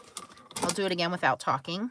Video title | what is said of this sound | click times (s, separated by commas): Unboxing the Betterpress from Spellbinders | your top plate is going to sit on top of that you can hear that click in | 0.2 s, 0.6 s